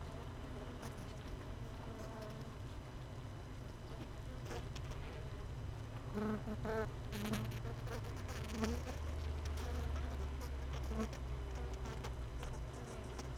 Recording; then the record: honeybee colony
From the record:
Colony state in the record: missing queen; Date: 31 May 2018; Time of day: 16:33